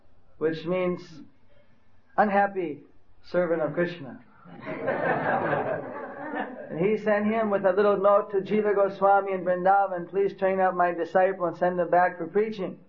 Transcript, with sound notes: which means unhappy servant of Krishna, (Everyone laughing) he sent him with a little note to Jiva Gosvami in Vrindavna, "Please train up my disciple and sent him back to preaching."